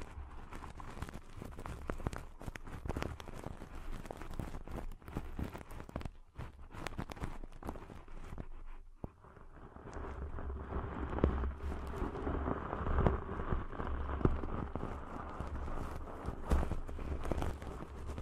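Deep ear cleaning sounds: dense scratchy rubbing and crackling with sharp clicks, a steady low rumble underneath, growing fuller after nine seconds.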